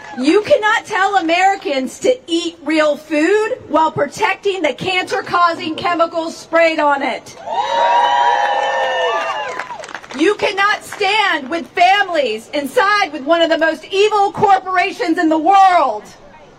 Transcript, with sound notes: You cannot tell Americans to eat real food while protecting the cancer-causing chemicals sprayed on it (cheering) You cannot stand with families inside with one of the most evil corporations in the world